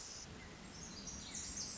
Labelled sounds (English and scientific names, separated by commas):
Pacific Wren (Troglodytes pacificus)